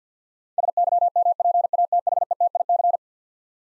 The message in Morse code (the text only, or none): SYMPATHETIC